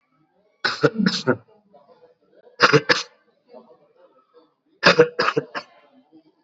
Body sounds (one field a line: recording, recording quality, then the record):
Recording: heavy voluntary cough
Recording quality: excellent, no background noise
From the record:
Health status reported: COVID-19 positive, mild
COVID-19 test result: positive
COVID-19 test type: RT-PCR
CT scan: not taken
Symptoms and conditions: cough, fever, fatigue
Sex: male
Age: 18 years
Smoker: no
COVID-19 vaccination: both doses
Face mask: worn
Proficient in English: yes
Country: India